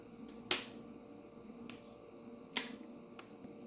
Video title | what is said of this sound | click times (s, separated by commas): Mounjaro Weight Loss VLOG - What I eat in a day - My last 2.5mg Injection! - Week 4 Tirzepatide | and then you're gonna push the pen cap until you hear the second click and make sure that the gray depressor is all the way down. | 0.5 s, 2.6 s